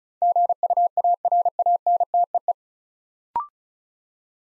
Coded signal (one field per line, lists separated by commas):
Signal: Morse code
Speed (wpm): 36 wpm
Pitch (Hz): 700 Hz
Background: none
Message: GUARANTEE